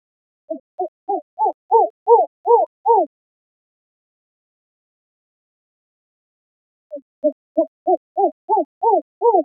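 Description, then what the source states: Spectacled owl call: two runs of several hoots, each run building in loudness, separated by a pause of about four seconds. Costa Rica.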